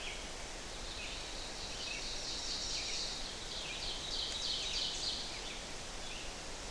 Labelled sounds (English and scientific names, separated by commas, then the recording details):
Ovenbird (Seiurus aurocapilla) song
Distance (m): 55 m
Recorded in boreal forest in Alberta, Canada, on 12 June 2016 at 05:05
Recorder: SongMeter 3, array SBT-3-18
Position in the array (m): 147 m, 127 m
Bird 29